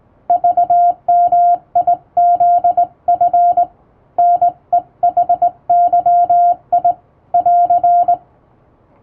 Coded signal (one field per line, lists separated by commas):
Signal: Morse code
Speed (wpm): 20 wpm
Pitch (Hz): 700 Hz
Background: music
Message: VMIZF NEHYI <AR>